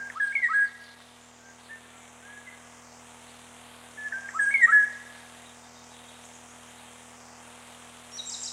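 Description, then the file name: Eurasian golden oriole song: two rich flute-like whistled phrases about four seconds apart, then a brief high buzzy note from another bird at the end. Date given as 22.05.94. "22 05 94 ivolgakit"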